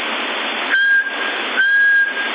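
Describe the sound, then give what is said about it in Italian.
Two short, steady whistles at a fixed mid-high pitch come through a hissing, band-limited CB radio channel. The second whistle lasts longer, and the static briefly dips each time the tone sounds. CB radio in Sassari, April 2020. “6-7 quando fischio, no?”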